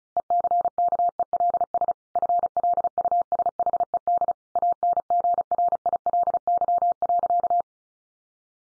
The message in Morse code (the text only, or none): ECKELS FLUSHED ANGRILY.